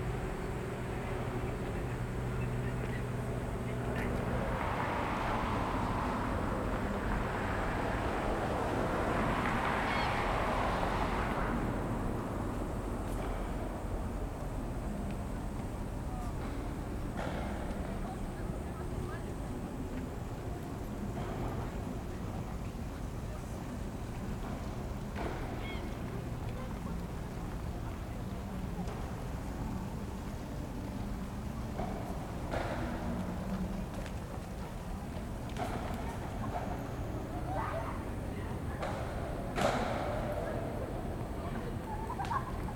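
A field recording at Tokyo Olympic Stadium in Shinjuku: a steady, dense wash of crowd chatter and traffic rumble runs throughout, swelling louder between about 5 and 12 seconds. Scattered sharp knocks and clicks punctuate the din, with a distinct bang near 40 seconds.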